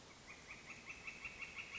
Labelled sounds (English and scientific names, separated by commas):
Northern Flicker (Colaptes auratus)